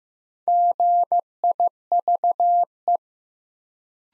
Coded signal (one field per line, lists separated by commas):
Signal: Morse code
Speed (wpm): 15 wpm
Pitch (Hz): 700 Hz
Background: none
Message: GIVE